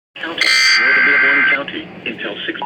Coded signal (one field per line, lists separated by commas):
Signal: Emergency Alert System (SAME) tones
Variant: header bursts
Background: speech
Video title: EAS/NWR Alert or message #1134-1135: Severe Thunderstorm Warning #66